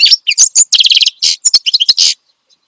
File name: Suara Kicauan Burung Finch Gacor Dor Cocok Untuk Masteran